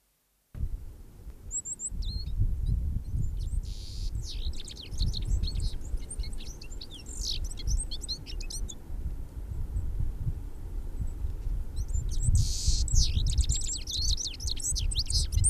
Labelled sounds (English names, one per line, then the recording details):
Citril Finch song
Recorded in the wild
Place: Garmisch-Partenkirchen, Bayern, DE
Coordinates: 47.5072, 11.1436
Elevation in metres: 1729
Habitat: mountains
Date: 1967-03-26
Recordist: Tretzel, Erwin